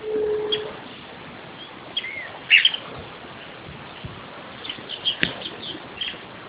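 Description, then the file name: Olivaceous Elaenia giving a few short, high chirping call notes over hissy background noise, one louder than the rest. "Elaenia mesoleuca"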